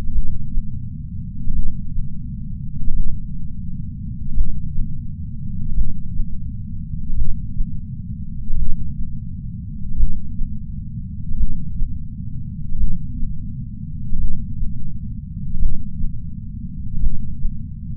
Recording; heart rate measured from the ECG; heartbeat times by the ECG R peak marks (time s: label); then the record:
heart sounds by patch sensor on the chest; 43 bpm
0.11 s: heartbeat
1.52 s: heartbeat
2.93 s: heartbeat
4.33 s: heartbeat
5.74 s: heartbeat
7.14 s: heartbeat
8.55 s: heartbeat
9.96 s: heartbeat
11.36 s: heartbeat
12.77 s: heartbeat
14.17 s: heartbeat
15.58 s: heartbeat
16.99 s: heartbeat
From the record:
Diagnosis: coronary artery disease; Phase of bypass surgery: intraoperative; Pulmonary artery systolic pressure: 27 mmHg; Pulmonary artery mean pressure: 20 mmHg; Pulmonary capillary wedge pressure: 14 mmHg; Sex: female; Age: 68 years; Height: 155 cm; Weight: 56 kg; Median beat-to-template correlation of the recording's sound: 0.95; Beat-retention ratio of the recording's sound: 1.00